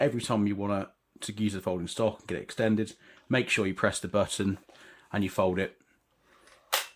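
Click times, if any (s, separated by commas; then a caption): 6.7 s. Someone talks while pressing the release button and swinging the folding stock of a CYMA CM042-S airsoft AK-47 replica out to the extended position on the rifle receiver. At 6.7 s a sharp click is heard as the stock seats into its hinge lock, and the folding stock is locked open.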